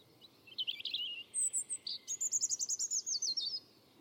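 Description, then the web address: European robin song: a quick high warble followed by a rapid run of repeated thin notes. "Deverinetal 2025"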